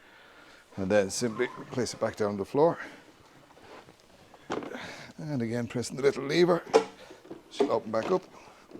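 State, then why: Not seated. Someone talks while handling the metal folding frame of a Kymco K-Lite (F) compact folding portable mobility scooter: the release lever is pressed and the frame is unfolded, with brief sharp knocks at about 4.0, 4.5 and 4.6 s. The frame latch has not snapped into place yet; nothing has seated.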